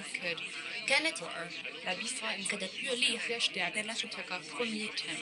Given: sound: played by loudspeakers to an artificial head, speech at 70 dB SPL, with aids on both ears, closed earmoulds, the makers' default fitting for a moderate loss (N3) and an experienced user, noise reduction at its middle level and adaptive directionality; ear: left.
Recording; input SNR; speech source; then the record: speech test signal (ISTS) in cocktail-party noise; +3 dB; in front (0 degrees)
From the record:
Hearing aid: class 2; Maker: I